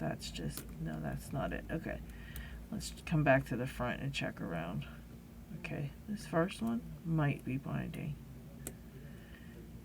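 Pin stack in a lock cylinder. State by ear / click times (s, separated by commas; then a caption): seated / 8.7 s. While picking a Medeco Original pin-tumbler lock, a pick lifts a binding pin in the cylinder's pin stack while someone talks. The pin sets at the shear line with a small, sharp click at 8.7 s.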